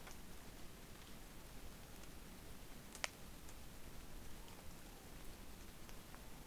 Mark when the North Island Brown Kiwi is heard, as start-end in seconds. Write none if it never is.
none